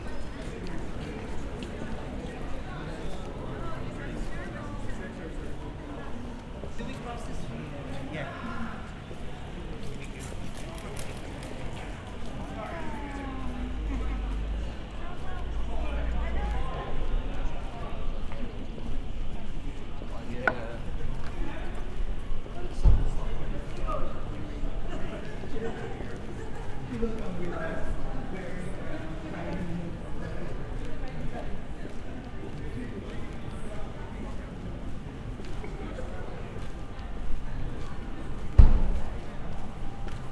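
Footsteps echo through a bustling crowd, with many voices chattering continuously across the whole stretch. The murmur stays dense and steady, with scattered sharp clicks and taps, a few louder knocks around 23 and 39 seconds, and a low rumble underneath.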